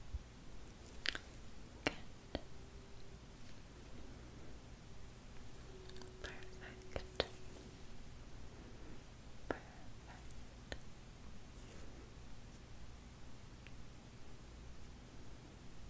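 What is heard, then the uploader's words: Soft hand movements make faint brushing and tapping sounds at scattered moments over a steady low hiss. ASMR For Charity Soft Hand Movements & Sounds.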